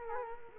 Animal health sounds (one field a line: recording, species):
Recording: mosquito wingbeat signal from an infrared sensor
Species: Culex quinquefasciatus